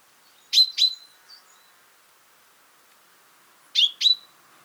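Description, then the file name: Common chaffinch calls: sharp, high double notes, a pair near the start and another pair about three seconds later, in otherwise quiet surroundings. "Fringilla coelebs"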